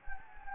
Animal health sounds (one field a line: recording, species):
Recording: mosquito wingbeat signal from an infrared sensor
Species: Anopheles gambiae